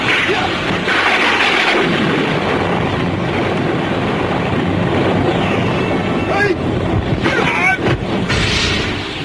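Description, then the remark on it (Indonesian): Heavy rain hisses steadily and loudly throughout, with a deep, rolling rumble of thunder swelling beneath it and a few sharper bursts near the end. “Sementara hujan turun, petir dan pijar menggelegar.”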